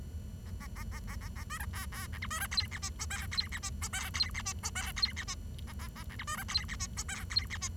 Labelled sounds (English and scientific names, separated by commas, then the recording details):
Bengalese Finch (Lonchura striata domestica) song
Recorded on 23 June 2012 at 10:21
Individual gr41rd51